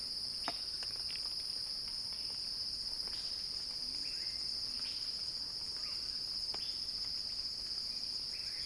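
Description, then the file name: Cicada song as a continuous high-pitched hiss, even in loudness, with occasional faint clicks. Cicada recording titled Cicada Crescendo, by Axel Drioli for Earth.fm. "earth-fm Axel-Drioli Cicada-Crescendo-Sounding-Wild"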